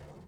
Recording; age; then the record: pig call; piglet (1 to 25 days)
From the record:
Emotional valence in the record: negative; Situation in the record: short isolation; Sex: female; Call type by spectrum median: low-frequency call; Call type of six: low-frequency stable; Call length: 0.27 s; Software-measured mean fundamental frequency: 49 Hz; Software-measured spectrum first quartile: 139 Hz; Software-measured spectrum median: 339 Hz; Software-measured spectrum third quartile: 768 Hz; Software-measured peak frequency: 148 Hz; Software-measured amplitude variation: 115 dB a second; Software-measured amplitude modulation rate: 25.7 a second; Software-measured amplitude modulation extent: 4.5 dB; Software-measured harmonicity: 0.3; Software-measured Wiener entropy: -0.24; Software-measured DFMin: 800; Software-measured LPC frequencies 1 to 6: 479, 1902, 2861, 3654, 4632, 5576 Hz